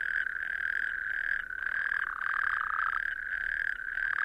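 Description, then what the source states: Natterjack toads calling: a continuous loud rasping churring chorus. Native Irish natterjack toads in sand dunes, west Kerry, southwest Ireland; call carries far, sounds exotic and tropical; calling starts 7–8 pm, strongest from dusk around 9–10, continuing until 1–4 am unless cold.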